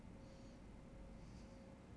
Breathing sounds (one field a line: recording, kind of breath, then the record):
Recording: one breath in and out by a microphone near the nose and mouth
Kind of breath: normal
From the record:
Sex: male